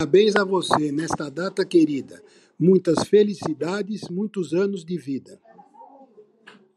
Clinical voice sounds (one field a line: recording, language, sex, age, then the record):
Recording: short text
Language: Brazilian Portuguese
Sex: male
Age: 60 to 69 years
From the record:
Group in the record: control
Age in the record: 65 years